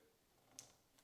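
The handlebar cable connector of a ProForm Studio Bike Pro 22 is pushed into its receiver on the bike frame, giving a sharp click at 0.6 s and a fainter tick near 1.0 s. The connector is confirmed seated and secure.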